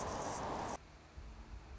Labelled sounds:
Anna's Hummingbird

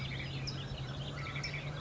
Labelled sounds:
California Towhee

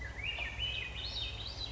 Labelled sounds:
Swainson's Thrush

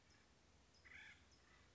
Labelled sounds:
Acorn Woodpecker

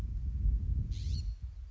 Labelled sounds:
California Scrub-Jay

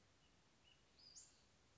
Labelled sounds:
Western Flycatcher

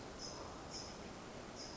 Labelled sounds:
California Towhee

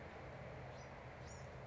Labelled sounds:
Bewick's Wren

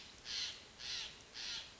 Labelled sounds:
Steller's Jay

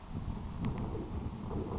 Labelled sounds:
Grasshopper Sparrow

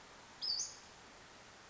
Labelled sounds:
Western Flycatcher

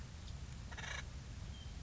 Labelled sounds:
Acorn Woodpecker

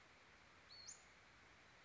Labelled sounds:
Western Flycatcher

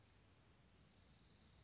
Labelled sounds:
Dark-eyed Junco

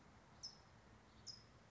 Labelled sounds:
California Towhee

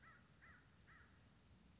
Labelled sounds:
American Crow

